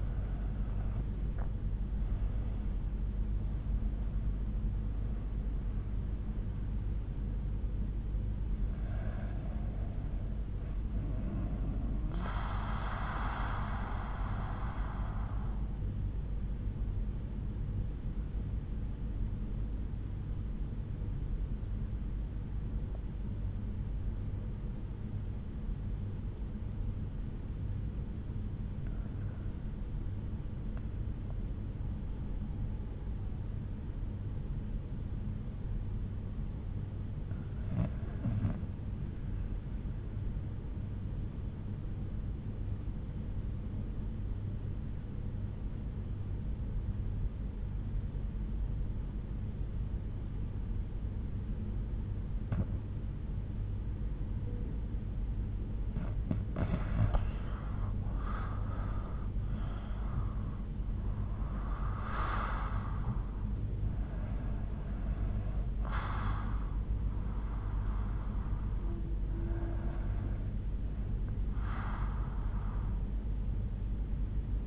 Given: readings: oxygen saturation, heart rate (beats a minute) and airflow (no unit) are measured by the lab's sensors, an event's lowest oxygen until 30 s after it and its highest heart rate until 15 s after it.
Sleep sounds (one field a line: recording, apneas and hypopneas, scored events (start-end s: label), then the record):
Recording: breathing in sleep by a smartphone at the bedside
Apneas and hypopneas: 1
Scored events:
2.00-74.67 s: new sleep stage, N1 (lightest sleep)
18.00-54.70 s: obstructive apnea (N1, oxygen 96% highest, then 80% lowest, heart rate 62 at the start, 77 highest)
From the record:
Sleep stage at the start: REM sleep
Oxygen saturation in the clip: 80 to 96%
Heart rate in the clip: 62 to 88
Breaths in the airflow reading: 7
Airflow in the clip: -10.0 to 12.6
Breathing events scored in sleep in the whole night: 368 in 8.0 hours asleep